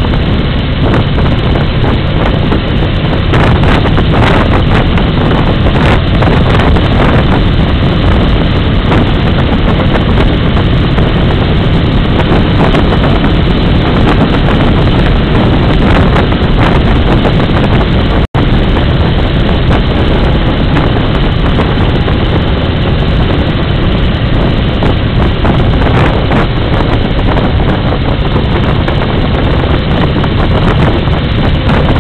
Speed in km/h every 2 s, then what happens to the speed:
61, 61, 63, 64, 65, 66, 67, 69, 70, 72, 68, 68, 69, 63, 67, 66.
0-17 speeds up to 72. 17-26 slows to 63.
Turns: none.